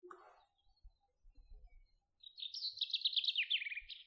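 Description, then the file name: Common chaffinch song: a bright trill that descends, ending in a flourish, after a short low buzzy note and some soft low thumps. "Fringilla coelebs"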